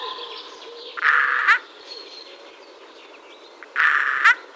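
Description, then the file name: Eurasian jay making two coarse, grating screeches a few seconds apart, each ending in a sharper burst, with quiet background birdsong. "Garrulus glandarius"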